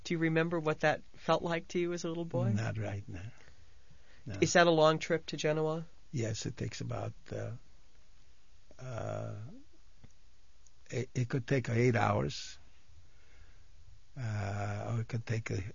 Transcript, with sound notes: Do you remember what that felt like to you as a little boy?
Not right now. No.
Is that a long trip to Genoa?
Yes. It takes about, (he pauses) it could take eight hours, or it could take